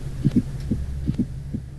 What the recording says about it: 3 normal beats and then add the fourth heart sound. Extra sound that interrupts the usual cadence. It sounds like a stone skipping, a blum-blum, blum-blum, duh. Similar to the word Tennessee, where if you think about the first 2 syllables of Tennessee, we roll them together, tenna.